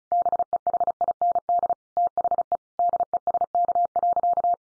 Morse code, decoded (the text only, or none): BEHIND THE DESK.